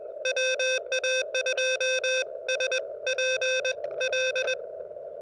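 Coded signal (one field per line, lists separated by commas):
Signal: Morse code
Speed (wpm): 21 wpm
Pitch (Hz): 2600 Hz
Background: none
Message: WA2SPL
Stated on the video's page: CW pile-up during a park activation, Elecraft KX2 with homebrew vertical whip and four radials, Bamatech TP III key, battery powered.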